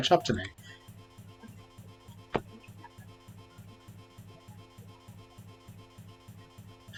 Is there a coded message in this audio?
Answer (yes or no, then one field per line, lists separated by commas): no